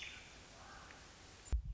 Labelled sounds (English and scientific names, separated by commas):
American Robin (Turdus migratorius)